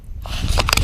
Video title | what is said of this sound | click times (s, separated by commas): HE GOT ARRESTED... | guys hear that this are two clicks oh it's good | 0.7 s, 0.8 s